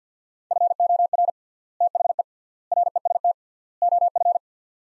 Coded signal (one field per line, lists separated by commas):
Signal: Morse code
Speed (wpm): 48 wpm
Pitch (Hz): 700 Hz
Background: none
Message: FOR THE REST OF